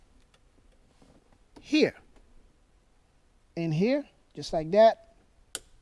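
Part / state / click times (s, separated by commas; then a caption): wire harness plug into mating connector of a rear climate screen / seated / 5.5 s. A wire harness plug is pushed into the mating connector of a rear climate display screen being installed in a Tesla Model 3/Y. Someone talks, then a single sharp, loud click sounds at 5.5 s as the connector snaps and seats fully.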